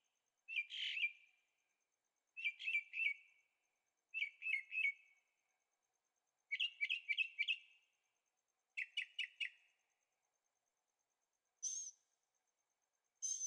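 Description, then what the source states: Bird song in groups of rapid, bright chirps separated by brief pauses, followed by two short, hissy notes near the end. Birds singing at night in Carefree, Arizona; recorded on a Zoom H6 with stereo microphones.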